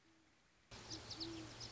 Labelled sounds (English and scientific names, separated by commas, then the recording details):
Great Horned Owl (Bubo virginianus)
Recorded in Sonoma County, California